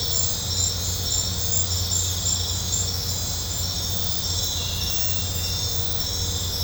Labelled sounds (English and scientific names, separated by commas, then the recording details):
none
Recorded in pastures near Puerto Asís, Putumayo, Colombia, on 20 December 2024 at 21:30
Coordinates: 0.502, -76.324
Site G077